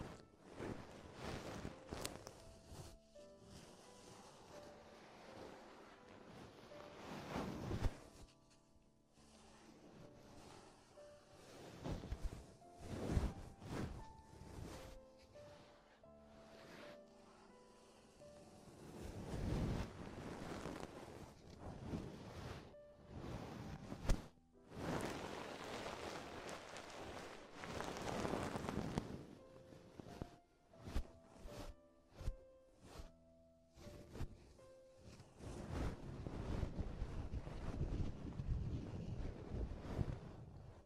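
An ear exploration of rushing, rustling swishes that swell and fade in waves, layered with frequent sharp clicks and taps. Short ringing tones flicker through the middle. Louder sweeping bursts come around twenty, twenty-four and thirty-six seconds.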